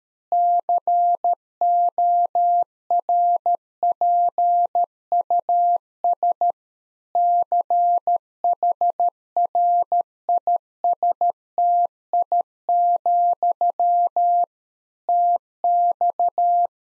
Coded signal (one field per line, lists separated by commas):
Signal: Morse code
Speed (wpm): 13 wpm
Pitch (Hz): 700 Hz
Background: none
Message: CORPUS CHRISTI, TX